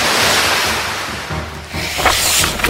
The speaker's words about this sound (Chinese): 突然间张峰听到流水声，他见到神社周围开始被水灌入，瞬间神社已经被水淹没。